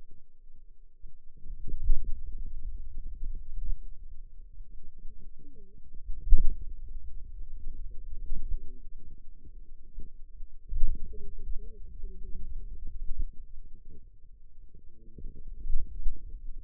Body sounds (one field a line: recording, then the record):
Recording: forearm muscle sounds (acoustic myography)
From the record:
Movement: finger pinch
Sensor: system 2, bracelet of six BSWA MPA416 microphones around the upper forearm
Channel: 2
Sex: female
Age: 21 years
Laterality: right